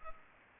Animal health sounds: mosquito wingbeat signal from an infrared sensor; Culex pipiens

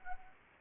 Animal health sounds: mosquito wingbeat signal from an infrared sensor; Anopheles arabiensis

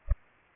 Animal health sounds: mosquito wingbeat signal from an infrared sensor; Culex pipiens

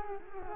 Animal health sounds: mosquito wingbeat signal from an infrared sensor; Culex quinquefasciatus

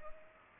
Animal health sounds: mosquito wingbeat signal from an infrared sensor; Culex pipiens

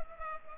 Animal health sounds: mosquito wingbeat signal from an infrared sensor; Culex pipiens

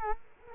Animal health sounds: mosquito wingbeat signal from an infrared sensor; Culex quinquefasciatus

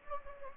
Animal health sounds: mosquito wingbeat signal from an infrared sensor; Anopheles gambiae

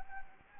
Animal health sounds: mosquito wingbeat signal from an infrared sensor; Anopheles arabiensis

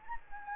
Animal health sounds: mosquito wingbeat signal from an infrared sensor; Anopheles gambiae

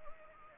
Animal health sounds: mosquito wingbeat signal from an infrared sensor; Anopheles arabiensis

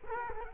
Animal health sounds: mosquito wingbeat signal from an infrared sensor; Culex quinquefasciatus

